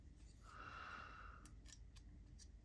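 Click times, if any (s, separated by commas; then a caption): none. A metal stop pin is pressed into its hole in the handle of a Kunwu X-Tao crossbar-lock folding knife during reassembly for a warranty repair, after its omega spring is swapped. A steady mid-pitched squeak runs from about 0.4 to 1.4 s, a small sharp tick comes at 1.5 s, and a few faint ticks follow. The pin has not popped into place or seated.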